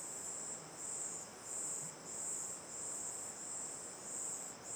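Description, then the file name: Cicadas and crickets in a high chorus pulsing in long, even bursts, with a steady hiss of running water underneath. Night ambience looking toward the mouth of Terra Ronca 1 cave; chorus of cicadas and crickets, river on the left; AB stereo recording. "Ambiencia olhando para boca da caverna terra ronca 1 a noite, coro de cigarras e grilos, rio a esquerda, gravacao em ab"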